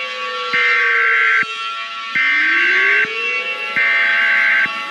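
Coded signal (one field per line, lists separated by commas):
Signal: Emergency Alert System (SAME) tones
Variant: header bursts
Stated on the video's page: Simulated EAS scenario of an overdue solar strike.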